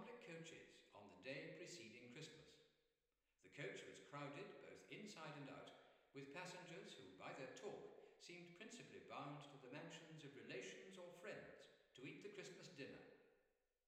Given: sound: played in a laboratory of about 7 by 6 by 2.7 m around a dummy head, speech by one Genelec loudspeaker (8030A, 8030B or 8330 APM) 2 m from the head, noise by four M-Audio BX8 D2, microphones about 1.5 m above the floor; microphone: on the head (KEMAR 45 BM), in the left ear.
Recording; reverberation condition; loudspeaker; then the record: male speech in English; high; 60 degrees to the left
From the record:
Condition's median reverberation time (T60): about 1300 ms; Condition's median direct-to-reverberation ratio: about -4.0 dB